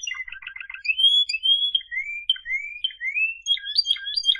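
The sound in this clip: Canary song: a quick stuttered chatter, then clear rising whistled slurs and a varied warbling run of high notes.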